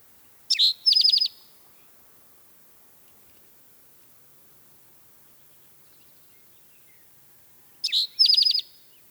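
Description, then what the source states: Spotted Towhee calls, two short high phrases: a downslurred note then a quick rattling trill, given twice with a long silence between. Recorded by Paul Marvin, via the Macaulay Library; the calls are variable and take practice to recognise.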